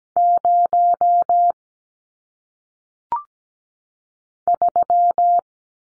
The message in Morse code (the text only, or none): 0 3